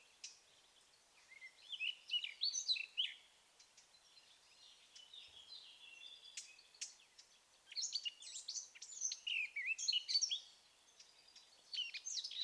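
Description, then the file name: Eurasian blackcap song in separate warbled phrases of sweet, slurred whistles with short gaps between them. "Sylvia atricapilla"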